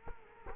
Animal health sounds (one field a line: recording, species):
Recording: mosquito wingbeat signal from an infrared sensor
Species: Culex quinquefasciatus